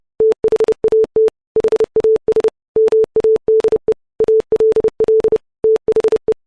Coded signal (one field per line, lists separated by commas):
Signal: Morse code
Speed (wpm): 30 wpm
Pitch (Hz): 440 Hz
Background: none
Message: THAT HAS MADE ALL THE